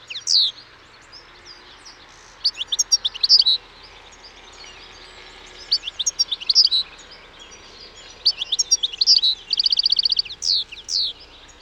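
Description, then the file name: European goldfinch calling in scattered bursts of high tinkling twitters, including a rapid trill near the end, with gaps of quiet between phrases. "Carduelis carduelis"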